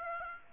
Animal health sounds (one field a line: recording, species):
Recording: mosquito wingbeat signal from an infrared sensor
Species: Aedes aegypti